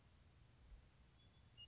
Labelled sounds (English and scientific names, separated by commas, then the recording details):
Western Meadowlark (Sturnella neglecta)
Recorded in Sonoma County, California